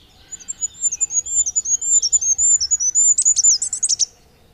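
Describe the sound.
Goldcrest song, a very high thin rhythmic series of see-sawing notes ending in a fast twittering terminal flourish.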